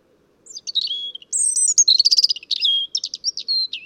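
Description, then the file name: European robin song: a rich, rapid phrase mixing high squeaky notes, a fast rattling trill and thin whistles, with faint low hum beneath. "Erithacus rubecula"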